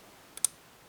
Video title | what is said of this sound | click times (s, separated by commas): 675 FANTÁSTICO CILINDRO GEGE GRUNDMANN, DE 6 PINES eng sub | ahí hace un clic, | 0.5 s